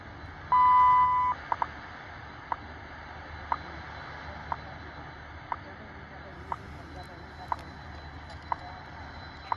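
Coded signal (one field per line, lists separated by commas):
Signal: radio time signal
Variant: WWV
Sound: a long steady beep, then sharp clicks every second through hiss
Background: radio static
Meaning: The long 1000 Hz tone marks the start of a minute; each tick marks a second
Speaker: Sounds like it's just WWV.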